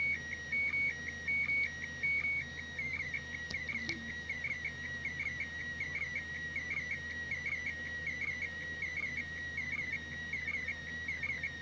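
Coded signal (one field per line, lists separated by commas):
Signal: SSTV (slow-scan television)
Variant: PD180 mode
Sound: steady whistling tones alternating high and slightly lower, with regular quick clicks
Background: radio static, low hum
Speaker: on va voir ce que ça donne par contre au début je prévenir l'image est un peu tordu et offert mesure le logiciel veulent gérer et va leur remettre droit donc c'est parti alors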